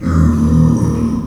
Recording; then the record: squeal of a Yucatan mini pig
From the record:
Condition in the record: after surgery on the right vocal fold (resection and tissue-engineered implant); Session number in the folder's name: 12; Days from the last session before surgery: 105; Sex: female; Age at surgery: 19 weeks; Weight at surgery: 25 kg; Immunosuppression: prednisolone